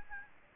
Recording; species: mosquito wingbeat signal from an infrared sensor; Aedes albopictus